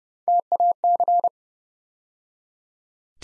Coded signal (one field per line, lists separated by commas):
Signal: Morse code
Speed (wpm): 30 wpm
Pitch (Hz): 700 Hz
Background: none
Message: TAC